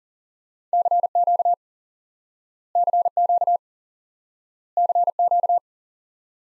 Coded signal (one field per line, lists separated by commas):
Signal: Morse code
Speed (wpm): 37 wpm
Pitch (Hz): 700 Hz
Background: none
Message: CQ CQ CQ